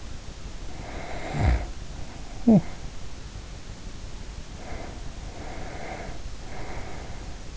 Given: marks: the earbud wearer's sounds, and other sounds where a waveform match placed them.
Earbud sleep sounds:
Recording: sounds in sleep by an in-ear microphone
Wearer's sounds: snoring breath, talking in sleep, breath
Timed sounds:
0.55-3.02 s: snoring breath
2.41-2.76 s: talking in sleep
4.42-7.57 s: breath

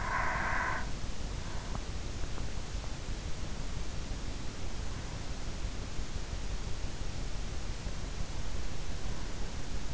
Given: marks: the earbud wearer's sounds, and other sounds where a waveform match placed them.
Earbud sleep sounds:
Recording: sounds in sleep by an in-ear microphone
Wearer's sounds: breath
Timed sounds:
0.00-1.17 s: breath

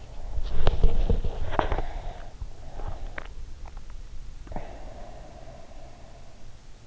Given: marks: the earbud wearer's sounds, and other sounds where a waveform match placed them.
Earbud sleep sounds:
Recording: sounds in sleep by an in-ear microphone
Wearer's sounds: breath, teeth grinding, swallowing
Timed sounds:
0.00-2.27 s: breath
0.58-1.97 s: teeth grinding
3.07-4.71 s: swallowing
4.44-6.59 s: breath

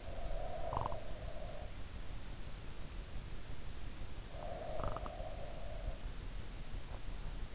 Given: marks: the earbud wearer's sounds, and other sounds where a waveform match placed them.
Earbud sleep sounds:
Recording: sounds in sleep by an in-ear microphone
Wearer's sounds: snoring breath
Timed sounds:
0.00-1.73 s: snoring breath
4.34-6.05 s: snoring breath

